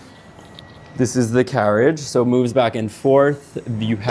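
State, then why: Seated. On a NordicTrack Ultra 1 Reform RX-S Pilates Reformer, the foot bar or carriage is brought all the way back to the front and locks into place on the frame with a short, quiet, sharp click at 0.6 s. Someone then talks.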